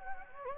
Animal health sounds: mosquito wingbeat signal from an infrared sensor; Anopheles gambiae

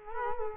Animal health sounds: mosquito wingbeat signal from an infrared sensor; Culex quinquefasciatus

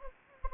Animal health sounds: mosquito wingbeat signal from an infrared sensor; Anopheles gambiae

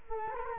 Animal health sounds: mosquito wingbeat signal from an infrared sensor; Culex quinquefasciatus

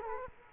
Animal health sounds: mosquito wingbeat signal from an infrared sensor; Culex quinquefasciatus

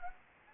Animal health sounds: mosquito wingbeat signal from an infrared sensor; Anopheles arabiensis

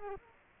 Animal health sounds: mosquito wingbeat signal from an infrared sensor; Culex quinquefasciatus

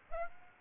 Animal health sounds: mosquito wingbeat signal from an infrared sensor; Aedes aegypti

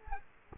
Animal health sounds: mosquito wingbeat signal from an infrared sensor; Culex quinquefasciatus

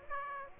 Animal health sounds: mosquito wingbeat signal from an infrared sensor; Aedes aegypti

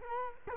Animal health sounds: mosquito wingbeat signal from an infrared sensor; Culex quinquefasciatus

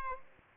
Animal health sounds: mosquito wingbeat signal from an infrared sensor; Aedes albopictus

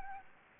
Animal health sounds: mosquito wingbeat signal from an infrared sensor; Anopheles gambiae

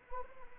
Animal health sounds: mosquito wingbeat signal from an infrared sensor; Anopheles arabiensis

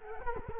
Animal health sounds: mosquito wingbeat signal from an infrared sensor; Culex quinquefasciatus

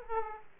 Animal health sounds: mosquito wingbeat signal from an infrared sensor; Aedes aegypti

